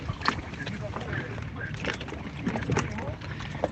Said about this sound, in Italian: Ma sempre ascoltando La Zanzara, io sto sulla mia barca a mare. Sentite?